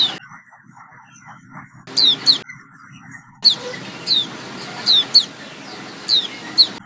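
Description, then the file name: White-eye calls: short, high, thin notes sliding downward, given in loose pairs and singly, with a broad hiss and a patch of duller background noise at the start. Female. "suara pleci betina omkicau"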